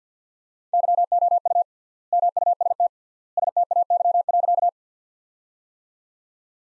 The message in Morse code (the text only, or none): YOU MUST STAY.